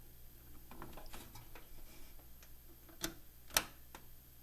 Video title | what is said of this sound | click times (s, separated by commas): Mostrando uma placa mãe em cegos na T I | eu não sei se deu para captar o estalo que ele deu ele deu dois estados isso quer dizer que o que quando | 3.0 s, 3.6 s